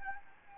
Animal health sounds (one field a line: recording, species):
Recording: mosquito wingbeat signal from an infrared sensor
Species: Anopheles gambiae